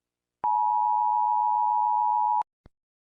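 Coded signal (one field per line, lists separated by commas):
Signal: Emergency Alert System (SAME) tones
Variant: 853 and 960 Hz attention tone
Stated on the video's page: Fictional EAS scenario.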